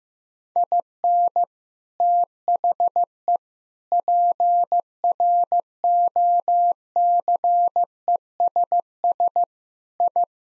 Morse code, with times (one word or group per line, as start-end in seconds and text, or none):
0.6-1.4 IN
2.0-3.4 THE
3.9-9.4 PROCESS
10.0-10.2 I